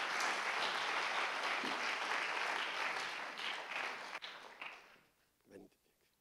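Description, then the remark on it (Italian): A crowd applauds three volunteers steadily with dense, loud clapping for several seconds, then the applause tapers off and fades, followed by a brief voice. “Possiamo dare un applauso a questi tre volontari, che sono bravissimi.”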